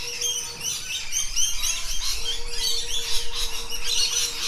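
Rainbow lorikeet calls: dense shrill screeching chatter, many overlapping birds, with a steady low hum running through most.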